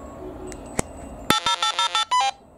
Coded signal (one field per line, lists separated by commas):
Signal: DTMF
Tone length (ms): 100 ms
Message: 80808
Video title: Surecom Repeater Controller for Baofeng radios